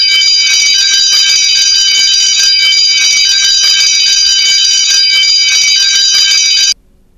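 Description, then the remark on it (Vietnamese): An electric school bell rings loudly and continuously in a harsh, metallic buzzing clang for nearly seven seconds, then cuts off abruptly into near silence. “Tiếng chuông lớp học vang lên.”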